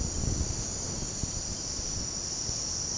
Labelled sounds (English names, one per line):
none